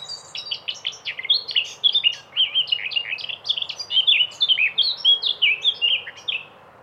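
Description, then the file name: Eurasian blackcap song, a fast, rich warble of varied high chirps and fluty notes running continuously for several seconds. "blackcap sylvia atricapilla"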